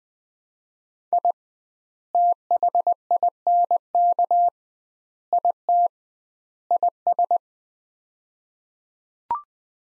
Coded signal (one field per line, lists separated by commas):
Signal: Morse code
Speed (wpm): 20 wpm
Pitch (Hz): 700 Hz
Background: none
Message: I THINK IT IS